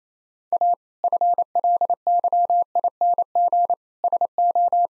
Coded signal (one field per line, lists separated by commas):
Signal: Morse code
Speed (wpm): 27 wpm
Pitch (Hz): 700 Hz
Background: none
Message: A FLYING SO